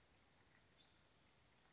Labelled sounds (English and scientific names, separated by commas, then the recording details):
Spotted Towhee (Pipilo maculatus)
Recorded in Sonoma County, California